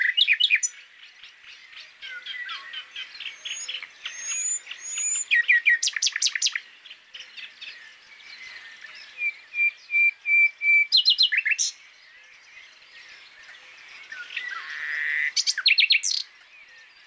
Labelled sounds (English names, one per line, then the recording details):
Common Nightingale song
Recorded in the wild
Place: Waltershofen / Freiburg im Breisgau, Baden-Württemberg, DE
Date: 2003-05-31
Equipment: MiniDisc Sharp MT 20 H, Sennheiser MKH 816
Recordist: Schwarz, Dieter